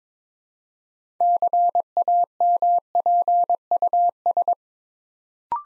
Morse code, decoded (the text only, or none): CAMPUS